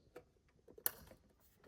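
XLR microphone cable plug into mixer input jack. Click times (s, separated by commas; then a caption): 0.9 s. The metal XLR plug on the other end of a short microphone cable is pushed into a mixer's mic input jack. A faint tick and soft handling noise lead up to a sharp, bright latch click at 0.9 s. The plug is seated and fully connected.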